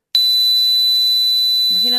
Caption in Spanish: Hay una cosa que es el acúfeno o tinnitus, ¿no? De gente que oye un ruido. Zumbido en el oído se llama tinnitus. Hay quien lo oye así.